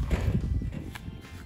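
The left door of a metal storage shed is closed against the wind and its drop latch rod is pushed down into the hole in the floor. Over low rumbling noise, a single sharp hit sounds at 1.0 s as the latch seats and the door locks.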